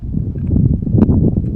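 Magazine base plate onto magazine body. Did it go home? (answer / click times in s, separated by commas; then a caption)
yes / 1.0 s. A base plate is slid onto the bottom of a steel pistol-caliber Promag 15-round magazine body for a Hi-Point Carbine, with small scraping ticks over a steady low-frequency background. A sharp click at 1.0 s marks the base plate engaging and seating in place.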